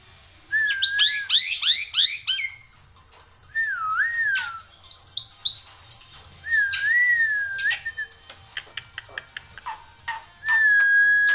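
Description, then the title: Black-winged myna song, a fast burst of rising notes, looping whistles, clicks, and a long steady whistle at the end. Dense, non-stop song with many variations, used as a tutor recording for training songbirds. "Kicauan Rapat Jalak Putih Gacor Banyak Variasi Untuk Masteran"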